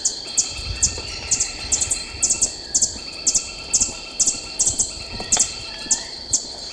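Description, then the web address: Ecuadorian piedtail giving a series of sharp, very high chip notes, roughly two per second, with a faint continuous tone behind. "Birds of Ecuador. Ecuadorian Piedtail"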